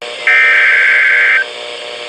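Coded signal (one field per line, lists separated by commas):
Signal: Emergency Alert System (SAME) tones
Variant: header bursts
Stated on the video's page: NOAA Radio alerts.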